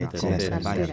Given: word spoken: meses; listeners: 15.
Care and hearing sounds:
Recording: one Spanish word in noise, from a listening test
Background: four-talker babble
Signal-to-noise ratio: -2.0 dB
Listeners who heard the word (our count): 0 of 15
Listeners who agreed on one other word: 6 of 15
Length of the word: 0.53 s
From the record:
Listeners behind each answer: 6, 1, 1, 1, 1, 1, 1, 1, 1, 1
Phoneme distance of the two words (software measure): 45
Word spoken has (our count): 2 syllables, 5 phonemes, stress on syllable 1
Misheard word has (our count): 3 syllables, 8 phonemes, stress on syllable 3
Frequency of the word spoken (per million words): 273.01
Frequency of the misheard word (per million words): 6.06

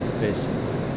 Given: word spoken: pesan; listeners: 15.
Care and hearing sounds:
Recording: one Spanish word in noise, from a listening test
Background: speech-shaped noise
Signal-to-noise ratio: -4.2 dB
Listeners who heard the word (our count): 0 of 15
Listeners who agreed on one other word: 6 of 15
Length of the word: 0.58 s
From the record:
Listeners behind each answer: 6, 3, 2, 1, 1, 1, 1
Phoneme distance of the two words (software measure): 7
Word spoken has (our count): 2 syllables, 5 phonemes, stress on syllable 1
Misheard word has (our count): 2 syllables, 4 phonemes, stress on syllable 1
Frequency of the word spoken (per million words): 4.35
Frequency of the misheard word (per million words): 9.79

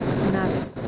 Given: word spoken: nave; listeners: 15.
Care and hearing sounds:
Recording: one Spanish word in noise, from a listening test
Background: noise modulated by three-talker babble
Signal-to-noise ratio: -3.7 dB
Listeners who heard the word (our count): 5 of 15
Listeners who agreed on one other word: 9 of 15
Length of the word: 0.48 s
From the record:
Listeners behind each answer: 9, 5, 1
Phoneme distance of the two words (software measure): 20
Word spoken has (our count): 2 syllables, 4 phonemes, stress on syllable 1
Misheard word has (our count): 2 syllables, 4 phonemes, stress on syllable 1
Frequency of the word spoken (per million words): 21.02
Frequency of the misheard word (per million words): 631.49

